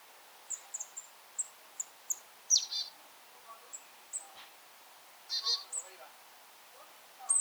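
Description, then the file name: Marsh tit calls: thin high ticking notes scattered through, with two sharp downslurred notes each followed by a short buzzy rattle. "Poecile palustris"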